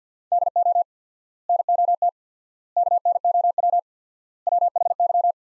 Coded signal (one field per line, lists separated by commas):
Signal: Morse code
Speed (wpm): 50 wpm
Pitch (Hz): 700 Hz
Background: none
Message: DO NOT KNOW WHY